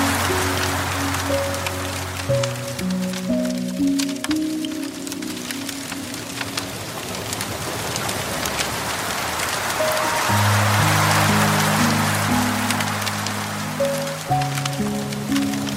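Slow, sustained piano chords ring over a steady hiss of softly running water, with a brief quieter pause near the middle.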